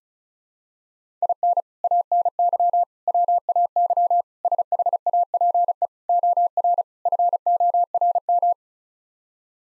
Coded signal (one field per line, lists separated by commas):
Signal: Morse code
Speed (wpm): 34 wpm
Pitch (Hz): 700 Hz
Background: none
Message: IN ANY WAY SHAPE OR FORM